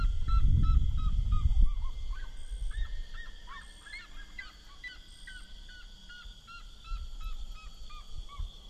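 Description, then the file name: Red-legged seriema calling: a rapid series of short yelping notes, after a low rumbling noise at the start. "Cariamacristata"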